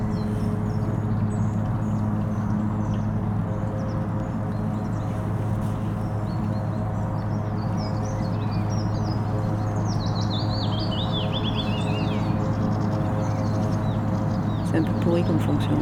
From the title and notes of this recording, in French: Juste à l'aube, une ouverture vers l'intérieur du monde, qui est tout sauf hermétique aux bruits des terriens jusque dans le ciel. Conversation avec l'étang du Trou aux Gants et ses proches, en forêt de Meudon.